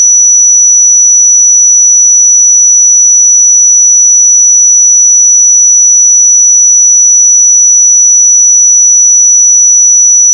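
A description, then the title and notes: A pure sine tone at 5907 Hz holds perfectly steady for the full ten seconds, thin and piercingly high. Its pitch and loudness never waver, and there is no other sound behind it, only the single unbroken whistle. 5907 Hz 1 Hz Interval Sine Pure Tone Frequency 441000 Sample Mono.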